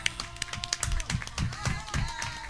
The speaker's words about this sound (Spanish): Un aplauso